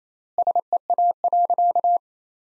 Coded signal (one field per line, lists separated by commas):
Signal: Morse code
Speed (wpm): 28 wpm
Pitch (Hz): 700 Hz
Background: none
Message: SEA.